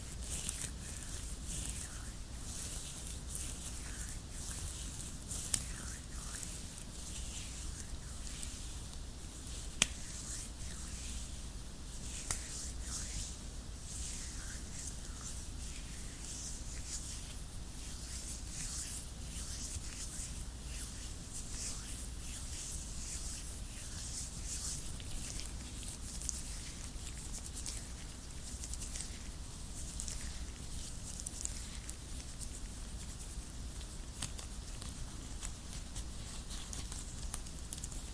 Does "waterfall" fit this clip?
no